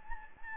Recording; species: mosquito wingbeat signal from an infrared sensor; Anopheles gambiae